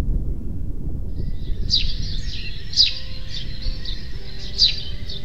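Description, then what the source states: Eurasian tree sparrow chirps: a few short, bright chirped notes over a strong, steady low rumble. Chilp-chilp call of a tree sparrow in a pollard willow, played from a device because the bird was not heard live.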